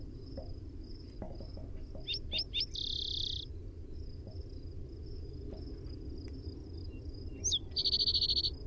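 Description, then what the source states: Spotted towhee song: three quick sharp notes and a dry buzzy trill, then a later repeat, over steady thin high insect-like whistles and low rumble. Primary song.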